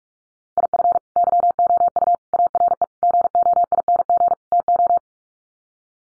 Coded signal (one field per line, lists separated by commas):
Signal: Morse code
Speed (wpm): 44 wpm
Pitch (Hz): 700 Hz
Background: none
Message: IF YOU ARE GOING TO